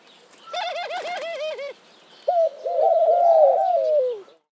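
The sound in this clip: Dove cooing: a quick run of short arched hooting notes with a clear pause, then one long, slightly wavering mid-pitched coo that falls away at the end.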